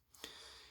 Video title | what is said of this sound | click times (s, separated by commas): UWELL CALIBURN | It is pretty good the way that it just locks into place. | 0.2 s